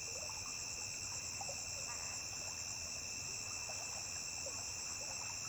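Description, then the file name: Cricket song, a sustained high trill, with scattered faint chirps and clicks beneath it. A single high-pitched cricket singing beside a river. "Grilo agudo isola cantando beira de rio"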